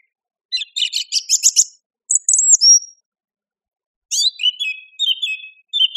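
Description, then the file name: Song thrush song: a rapid rattling series, a thin high whistle sliding down, and after a pause a few repeated notes. "suara-kicauan-burung-song-thrush -omkicau"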